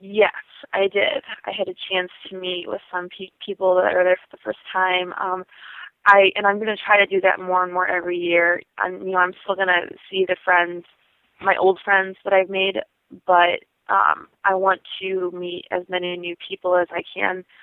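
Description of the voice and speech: Mostly fluent adult female speech with occasional sound prolongations, word repetitions and hesitant pauses, consistent with mild stuttering; stuttering has always been a huge part of her life, and she had speech therapy herself.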